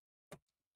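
A small plastic fuse bead is pressed onto a peg of a plastic pegboard during crafting. A single sharp tap sounds at 0.3 s, followed by a couple of faint after-taps. The bead pops into place and is seated.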